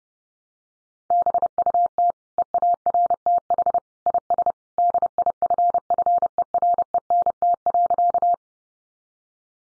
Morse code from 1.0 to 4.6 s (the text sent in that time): BUT EARTH IS